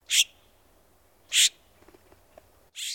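Florida Scrub-Jay giving three short, harsh, scratchy calls about a second apart, with a few faint ticks between.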